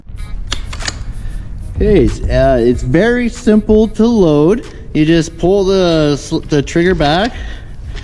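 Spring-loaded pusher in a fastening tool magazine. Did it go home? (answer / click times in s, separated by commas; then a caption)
no / none. Someone talks while loading a Hilti GX 120 gas nailer, pulling back the spring-loaded nail pusher in its magazine so it locks into place. A few brief, sharp handling noises come near the start, around 0.5, 0.7 and 0.9 seconds. The clip ends before the pusher locks, and nothing has seated or clicked into place yet.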